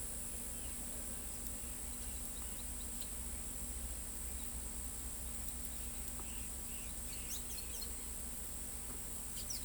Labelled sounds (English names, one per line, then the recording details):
Carib Grackle
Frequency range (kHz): Carib Grackle 2.3-19.1 kHz
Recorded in pastures near Pivijay, Magdalena, Colombia, on 4 June 2023 at 16:30
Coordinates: 10.456, -74.369
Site P6-G026